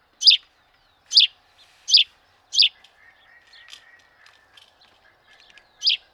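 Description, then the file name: House sparrow: four crisp chirps in quick succession, a pause with faint twittering, then one final chirp. "Passer domesticus"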